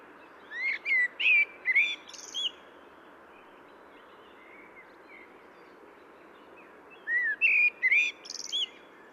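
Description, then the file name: Common blackbird singing two phrases of mellow, slurred whistles, each ending in a squeaky high twitter, with a long pause between them and constant low background noise. "Turdus merula"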